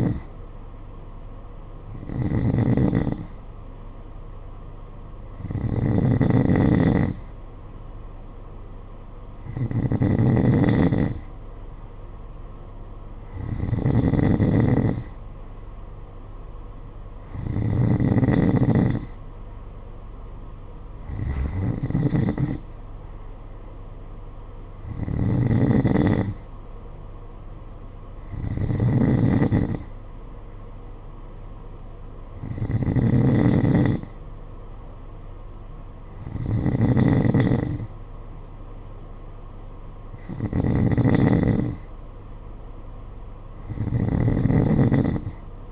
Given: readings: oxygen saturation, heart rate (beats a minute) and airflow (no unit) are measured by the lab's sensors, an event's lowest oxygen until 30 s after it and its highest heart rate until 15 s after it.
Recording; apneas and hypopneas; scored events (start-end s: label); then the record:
breathing in sleep by a smartphone at the bedside; none
none scored
From the record:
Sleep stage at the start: N2 (light sleep); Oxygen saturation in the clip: 91 to 92%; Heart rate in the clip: 52 to 55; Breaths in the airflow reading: 13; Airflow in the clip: -6.8 to 5.8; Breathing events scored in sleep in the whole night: 476 in 9.7 hours asleep